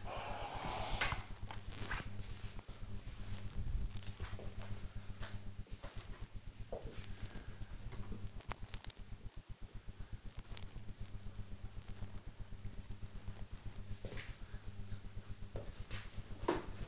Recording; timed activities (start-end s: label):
household activities, microphone on the right wrist
0.00-5.61 s: ironing laundry